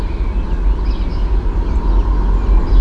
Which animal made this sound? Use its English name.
Song Thrush